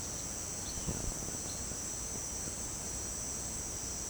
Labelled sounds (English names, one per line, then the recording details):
none
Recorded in secondary vegetation near Puerto Asís, Putumayo, Colombia, on 18 December 2024 at 18:00
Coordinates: 0.489, -76.322
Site G059